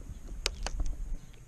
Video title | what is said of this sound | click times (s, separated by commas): 2018 Can Am Spyder F3S | You hear it click, pull your key out. | 0.5 s